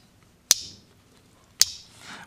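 A blade of a Case Trapper (6254 SS) slipjoint folding pocket knife with jigged bone handle scales is opened and closed, and its solid steel backspring snaps the blade into position. Two sharp, bright snaps ring out at 0.5 s and 1.6 s, each fading quickly over a quiet background. The blade seats cleanly each time with a satisfying snap, though not quite a ringing silver-bell tone.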